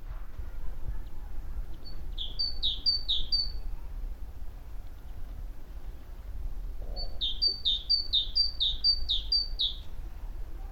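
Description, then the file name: Great tit singing a brief run of three see-saw double notes, a pause of several seconds, then a longer run of about six phrases; steady low rumble underneath. "Parus major"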